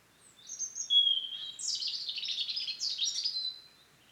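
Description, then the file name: European robin song: one sustained phrase of high, tinkling, warbled notes rising and falling for about three seconds. "Erithacus rubecula"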